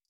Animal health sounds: hydrophone in a shrimp aquaculture tank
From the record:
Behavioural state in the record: feeding

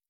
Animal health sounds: hydrophone in a shrimp aquaculture tank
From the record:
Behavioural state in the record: stressed

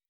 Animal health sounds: hydrophone in a shrimp aquaculture tank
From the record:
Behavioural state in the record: weakened

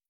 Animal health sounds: hydrophone in a shrimp aquaculture tank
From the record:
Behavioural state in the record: starved

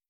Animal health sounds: hydrophone in a shrimp aquaculture tank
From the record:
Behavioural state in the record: starved

